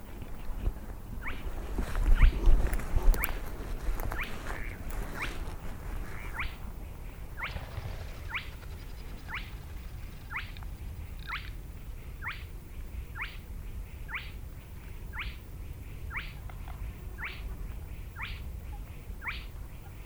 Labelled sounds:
Spotted Crake (Porzana porzana)
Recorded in the wild
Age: adult
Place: Schwedt/Oder, Nationalpark Unteres Odertal, Brandenburg, DE
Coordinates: 53.1325, 14.353
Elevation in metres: 1
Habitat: wetland
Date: 2015-04-21 21:11
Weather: clear, 8°C, almost windless
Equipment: Sound Devices 702, Sennheiser MKH 70, Rycote Windschutz
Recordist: Frommolt, Karl-Heinz

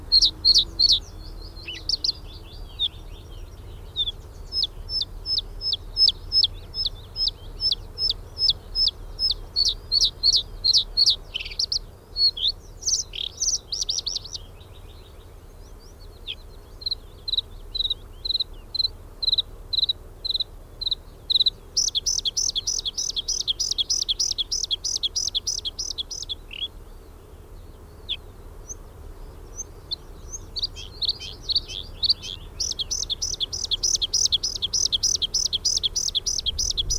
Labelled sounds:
Bluethroat (Luscinia svecica) song
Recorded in the wild
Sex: male
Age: adult
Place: Hallstadt, Bayern, DE
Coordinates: 49.9247, 10.8625
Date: 1964-04-17
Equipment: Vollspur
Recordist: Tretzel, Erwin
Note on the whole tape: Hallstadt Brücke: Blaukehlchen B imitiert: Brachvogel (zu Beginn), Zilpzalp (oft und lang), Grille, Kohlmeise, Gartenrotschwanz, Regenpfeifer

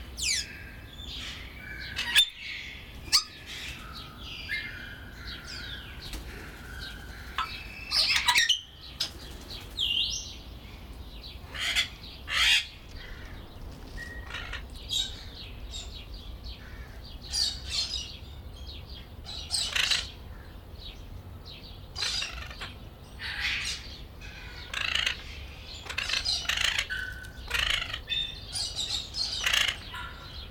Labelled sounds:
Grey Parrot (Psittacus erithacus)
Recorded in captivity
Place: Zoo Berlin, Berlin, DE
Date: 1996-04-20 18:29
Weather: sonnig, 24°C
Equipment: Sony MD-WM MZ-R3, Sennheiser MKH 416 T, Kopie Uher 4000 Report Monitor
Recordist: Tembrock, Günter

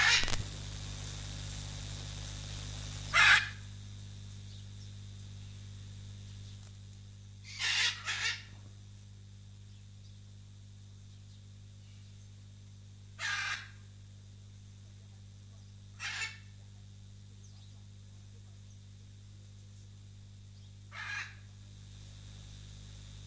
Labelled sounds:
Hyacinth Macaw (Anodorhynchus hyacinthinus) call
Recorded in captivity
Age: adult
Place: Zoo Berlin, Berlin, DE
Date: 2008-09-14 16:10
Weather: bedeckt, ca. 14°C
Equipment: Sony WM-D6C, Sennheiser ME 80, Kopie Uher 4000 Report Monitor
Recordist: Tembrock, Günter

